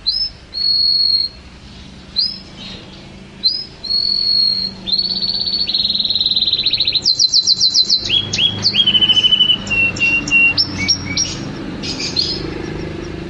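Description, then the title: Canary song of steady whistled notes and a buzzy held tone, then a rapid rattling trill and a run of varied chirps and rolls. Champion canary song. "Kicau Burung Kenari Juara"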